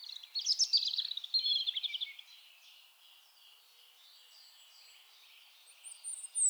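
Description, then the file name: European robin song opening with a loud, fast, liquid trill that trails off into soft twittering, then a brief high note at the end. "Erithacus rubecula"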